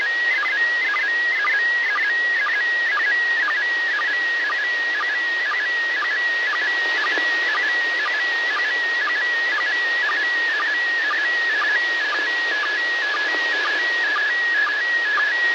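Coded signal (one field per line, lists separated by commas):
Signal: SSTV (slow-scan television)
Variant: PD 120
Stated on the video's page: Live stream of amateur repeaters on 145.390 and 146.700.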